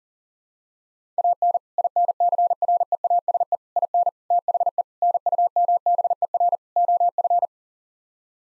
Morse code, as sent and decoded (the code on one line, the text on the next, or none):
.- -. / .. -. -.-. .-. . .- ... . / .. -. / - .... . / -. ..- -- -... . .-. / --- ..-.
AN INCREASE IN THE NUMBER OF